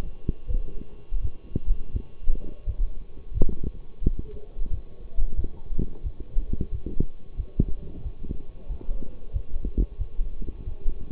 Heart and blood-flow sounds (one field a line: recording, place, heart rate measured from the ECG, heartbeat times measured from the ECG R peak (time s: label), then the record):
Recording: heart sounds by stethoscope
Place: between the tricuspid and mitral areas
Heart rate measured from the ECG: 88 bpm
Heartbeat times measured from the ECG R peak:
0.47 s: heartbeat
1.21 s: heartbeat
1.92 s: heartbeat
2.65 s: heartbeat
3.33 s: heartbeat
4.03 s: heartbeat
4.70 s: heartbeat
5.35 s: heartbeat
6.03 s: heartbeat
6.71 s: heartbeat
7.37 s: heartbeat
8.03 s: heartbeat
8.68 s: heartbeat
9.33 s: heartbeat
9.98 s: heartbeat
10.65 s: heartbeat
From the record:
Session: walking at 3.7 km/h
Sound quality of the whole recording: partially saturated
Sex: male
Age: 24 years